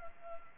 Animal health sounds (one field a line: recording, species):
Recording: mosquito wingbeat signal from an infrared sensor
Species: Culex pipiens